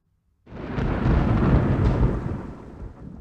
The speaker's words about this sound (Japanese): あ、太鼓の音。 違うよ、雷だよ。 え、雷？